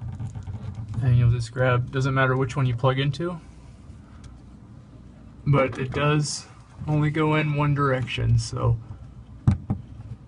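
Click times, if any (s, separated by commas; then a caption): 9.5 s. Someone talks while the plastic plug of an LED light lead is pushed into the LED port on the control panel of a Bottoms Up Draft Beer System; the plug only fits one way. A sharp click at 9.5 s marks the connector seating fully in the port.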